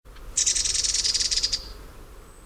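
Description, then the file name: Eurasian wren rattle call: a fast, dry, evenly pulsed churr lasting just over a second, then quiet with faint low background rumble. "Troglodytes troglodytes"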